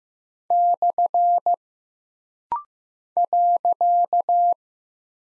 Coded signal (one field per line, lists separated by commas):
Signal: Morse code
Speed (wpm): 15 wpm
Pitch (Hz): 700 Hz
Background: none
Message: / .